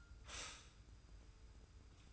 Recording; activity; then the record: daily activity, microphone in the room; stop toaster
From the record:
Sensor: 2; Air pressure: 990.5 hPa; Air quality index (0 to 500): 165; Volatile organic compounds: 864 ppm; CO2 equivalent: 5181 ppm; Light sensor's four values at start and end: 29/70/28/28 and 29/70/28/28